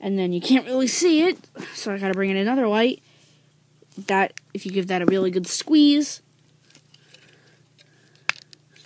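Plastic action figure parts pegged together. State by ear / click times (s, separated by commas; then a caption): seated / 8.3 s. Someone talks while squeezing two plastic parts of a Transformers Prime Beast Hunters Voyager Class Predaking transforming action figure firmly together. After a few faint handling ticks, a single sharp click rings out at 8.3 s as the parts peg together and seat.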